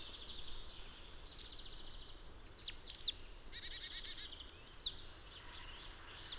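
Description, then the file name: Marsh tit calls: high, sharp downslurred notes mixed with a short run of lower buzzy notes, with other thin bird calls overlapping throughout. "Poecile palustris"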